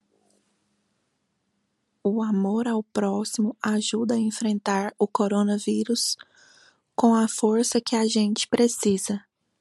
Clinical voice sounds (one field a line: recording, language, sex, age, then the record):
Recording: spoken sentence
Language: Brazilian Portuguese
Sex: female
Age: 30 to 39 years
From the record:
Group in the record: control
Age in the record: 36 years